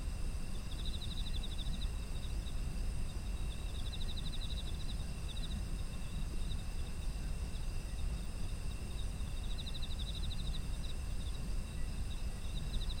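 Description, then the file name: Insect chorus with continuous thin high trills. Rapid pulsed chirp runs recur every few seconds, and a steady deep rumble lies underneath. Autumn insects, ambient environmental sound. "秋の虫の環境音"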